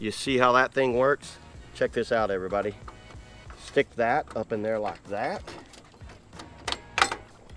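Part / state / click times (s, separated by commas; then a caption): trailer coupler lock into ball hitch coupler / seated / 7.0 s. A man talks while pushing an adjustable steel and aluminum trailer coupler lock up into a ball hitch coupler. A sharp click is heard at 7.0 s as the lock locks into place.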